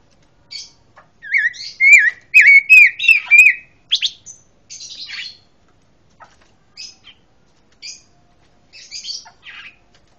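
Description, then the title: Pancawarna song: a wavering whistled phrase of repeated rising and falling notes, followed by sparse high chirps and squeaks. Song praised for its strong 'tembakan' (bursting delivery). "Pancawarna mantab tembakane"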